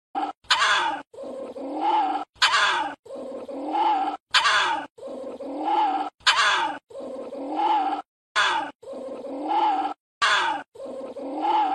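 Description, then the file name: Civet giving repeated calls, raspy bursts followed by long wobbling groans, about one every two seconds across the stretch, separated by clean gaps. "Tieng Chon Huong keu"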